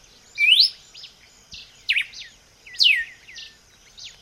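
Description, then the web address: Red-cowled cardinal singing three loud rising and falling whistles, accompanied by softer chirps and steady insect noise. "vocs paroaria dominicana"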